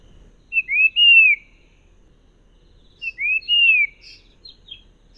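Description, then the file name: Common iora call: two clear whistled phrases, each a short note followed by a slurred arching whistle that rises then falls, about two and a half seconds apart, with faint twitters after. "panggilan cipo omkicau"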